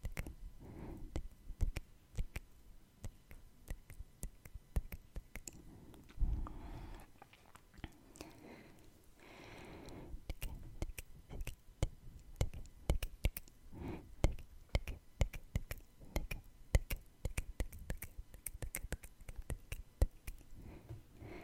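Dense, irregular mouth sounds: quick tongue clicks and kissing smacks crackle throughout, with a soft breathy rush around seven and ten seconds.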